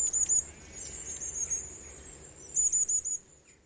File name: long tailed tit